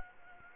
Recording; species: mosquito wingbeat signal from an infrared sensor; Anopheles gambiae